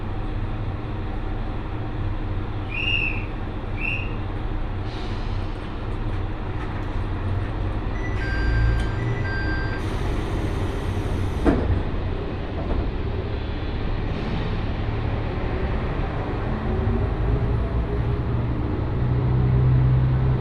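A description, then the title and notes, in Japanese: A train ride on the Mizushima Rinkai Railway, heard as a steady, dense low rumble that builds slightly toward the end. Two short high chirps come near three and four seconds, a thin whine around eight seconds, then a hissing burst and a sharp clunk near eleven seconds. 耳で楽しむ鉄道旅 水島臨海鉄道 倉敷市→三菱自工前。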